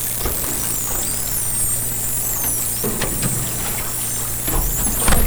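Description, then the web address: Dolphin whistles, thin high rising and falling tones overlapping near the top of the range, with scattered clicks and a steady low mechanical hum underneath. Underwater hydrophone, 2010. "interspecies dolphin"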